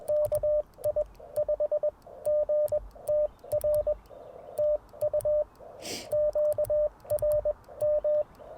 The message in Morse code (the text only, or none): KI5GTR TU QRM